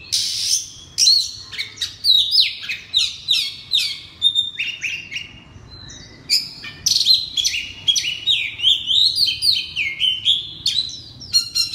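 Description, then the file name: Oriental magpie-robin singing a loud, continuous stream of sweet whistles and chattering notes, with a brief pause midway before the phrases resume. Oriental magpie-robin (kacer) singing loudly in ngeplong style. "suara kacer ngeplong keras"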